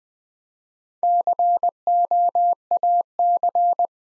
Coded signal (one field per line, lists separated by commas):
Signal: Morse code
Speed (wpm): 20 wpm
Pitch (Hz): 700 Hz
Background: none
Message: COAC